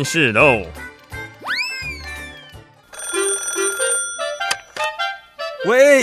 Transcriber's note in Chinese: 電話鈴聲